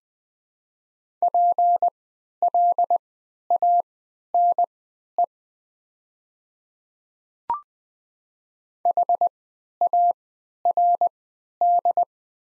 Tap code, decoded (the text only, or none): none